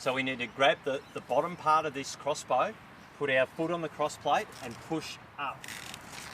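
Someone talks while handling an Altegra Compact Canopy gazebo, placing a foot on the cross-plate and getting ready to push up the bottom of the aluminium frame strut so the upper leg's pull-ring pin can lock into the exposed hole. Only speech and light handling sounds are heard, with brief quiet gaps. Nothing has seated or clicked yet.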